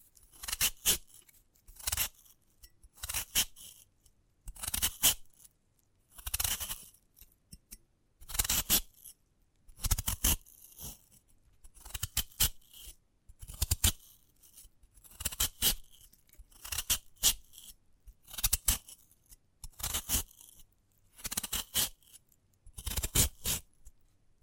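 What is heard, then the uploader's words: A sprouted coconut being handled for ASMR, with short bursts of crisp scraping and cutting, roughly one or two every second or so. Each burst is bright and rough, sometimes in quick pairs, separated by brief near-silent pauses. The pattern stays steady throughout. ASMR of a Sprouted Coconut (No Talking).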